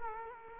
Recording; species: mosquito wingbeat signal from an infrared sensor; Culex quinquefasciatus